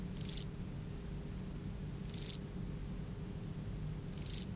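Euchorthippus pulvinatus grasshopper giving three brief scratchy buzzes about two seconds apart, a low hum running underneath.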